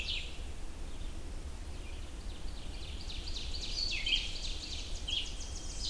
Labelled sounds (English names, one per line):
Ovenbird song